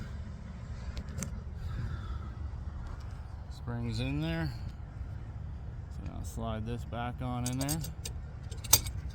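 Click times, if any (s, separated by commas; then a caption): 8.7 s. A replacement lock cylinder is slid back into the metal door handle housing of a utility truck topper while someone talks, with faint handling and jangling taps in the background. The cylinder is pushed in until it clicks into place with a sharp click at 8.7 s, seating it in the handle.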